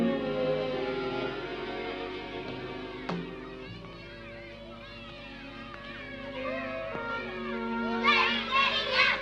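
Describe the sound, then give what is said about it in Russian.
Children playing on a street chatter and call out in a steady murmur of play, ending in a burst of high-pitched shrieks and shouts. “Смотрит через щель на улицу, видит играющих детей.”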